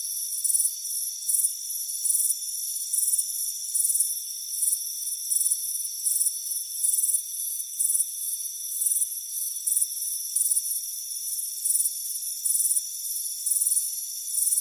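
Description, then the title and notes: Chirping crickets repeat quick shrill bursts in a somewhat uneven series against a steady high-pitched humming background. Crickets chirping on a warm afternoon by a front porch. "Soothing Crickets Chirping Sound. It's a warm afternoon as you relax in a hammock on the front porch. Relax and fall asleep to the soothing sound of chirping crickets. Deep Sleep Sounds"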